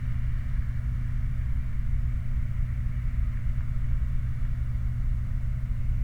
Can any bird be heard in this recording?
no